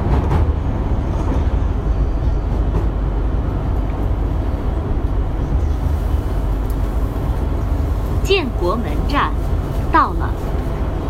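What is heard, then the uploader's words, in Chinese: Inside a Beijing Subway Line 2 train, a steady low rumble of the moving carriage fills the whole clip. Faint voices murmur underneath, and around eight to ten seconds a few sliding, squealing tones rise and fall above the noise. 北京地铁二号线。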